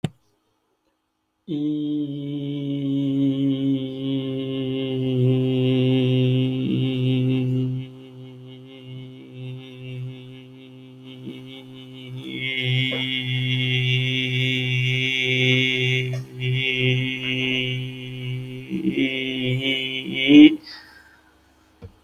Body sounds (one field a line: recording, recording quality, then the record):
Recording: sustained vowel as in beet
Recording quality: excellent, no background noise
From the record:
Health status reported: healthy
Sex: male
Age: 39 years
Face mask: not worn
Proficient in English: yes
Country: India